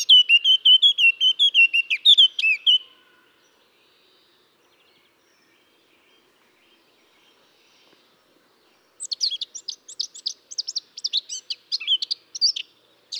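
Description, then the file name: Eurasian blackcap song: a loud, repeated fluty whistled phrase, several seconds of silence, then a quick scratchy warble of high chirping notes. "Sylvia atricapilla"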